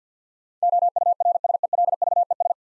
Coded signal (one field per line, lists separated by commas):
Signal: Morse code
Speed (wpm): 48 wpm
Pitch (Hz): 700 Hz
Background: none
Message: OURSELVES